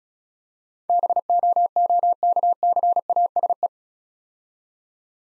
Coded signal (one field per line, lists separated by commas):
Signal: Morse code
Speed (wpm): 36 wpm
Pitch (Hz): 700 Hz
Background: none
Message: BOOKCASE